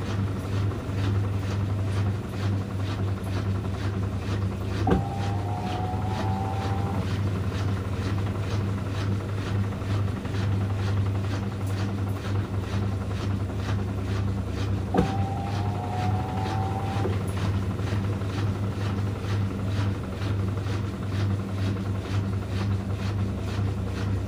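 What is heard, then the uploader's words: A washing machine hums with a steady low drone and faint rhythmic ticking, while a brief rising whine sounds at five and fifteen seconds. ASMR washing machine sounds (no talking).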